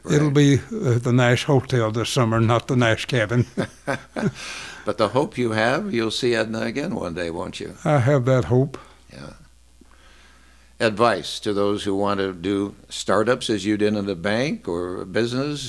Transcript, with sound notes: It'll be the Nash Hotel this summer, not the Nash cabin.
(Laughing) But the hope you have, you'll see Edna again one day, won't you?
I have that hope.
Yeah. Advice to those who want to do startups as you did in the bank or business.